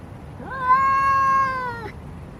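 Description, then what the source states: Domestic cat uttering a single clear, steady meow of about one and a half seconds with an even pitch throughout. Male cat (tomcat).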